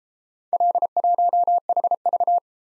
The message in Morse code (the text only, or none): L1HV